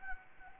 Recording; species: mosquito wingbeat signal from an infrared sensor; Anopheles gambiae